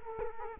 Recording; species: mosquito wingbeat signal from an infrared sensor; Culex quinquefasciatus